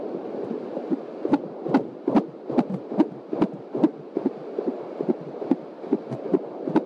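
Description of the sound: Rapid, regular whooshing pulses at about 143 a minute: a fetal heartbeat on a home Doppler monitor played through an external speaker, found just past the pubic line at about 21 weeks of pregnancy, a baby girl, within the healthy range of 120 to 150 beats per minute.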